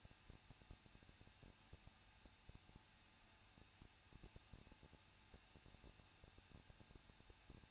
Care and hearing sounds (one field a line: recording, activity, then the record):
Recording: daily activity, microphone in the room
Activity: no activity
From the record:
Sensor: 2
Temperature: 21.0 degrees Celsius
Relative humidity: 37.4%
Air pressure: 1006.2 hPa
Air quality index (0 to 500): 222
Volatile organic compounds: 24 ppm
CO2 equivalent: 2808 ppm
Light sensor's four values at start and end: 2/3/2/2 and 2/3/2/2